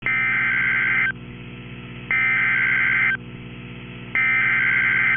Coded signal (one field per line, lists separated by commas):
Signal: Emergency Alert System (SAME) tones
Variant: header bursts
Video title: Severe Thunderstorm Warning (DeKalb and Jackson Counties, AL) (5/20/25) [EAS #180]